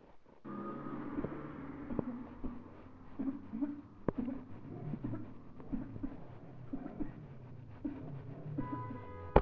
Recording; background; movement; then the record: throat clearing; traffic; walking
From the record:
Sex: female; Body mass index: 36.4 kg/m2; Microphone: on the chest, facing the body